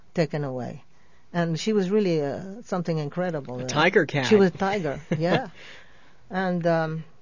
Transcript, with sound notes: taken away. And she was really something incredible.
A tiger cat. ( he laughs )
She was tiger, yeah. And,